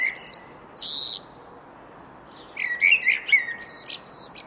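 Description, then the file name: Eurasian blackbird phrase of brief whistled notes, a harsh squeaky burst, then a fluting warble with high, rapid twittering. "Turdus merula"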